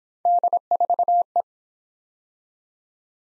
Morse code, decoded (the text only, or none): D4E